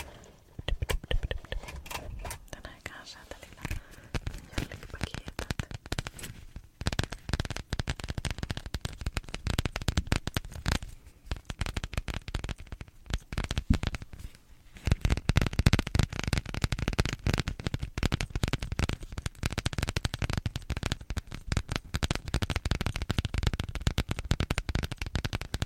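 Busy hand sounds: rapid tapping and crisp crackling that runs almost without pause, sharp clicks piling densely from low thumps to bright ticks. Brief lulls come near 7, 11 and 14.5 seconds, and after 15 seconds the tapping grows louder and fuller.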